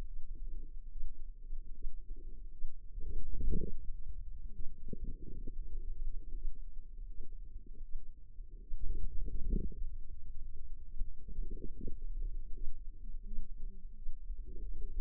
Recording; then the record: forearm muscle sounds (acoustic myography)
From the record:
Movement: wrist flexion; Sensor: system 2, bracelet of six BSWA MPA416 microphones around the upper forearm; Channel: 2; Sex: female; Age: 25 years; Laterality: right